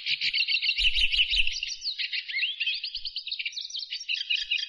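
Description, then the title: Bird song: a fast, continuous high warble of twittering and trilled notes with a few slurred whistles, plus low thumping bumps early on. "LuckyPassaros CompletosSama"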